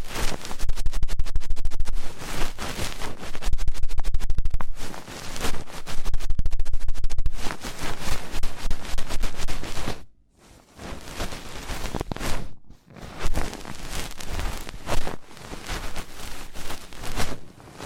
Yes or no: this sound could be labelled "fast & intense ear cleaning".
yes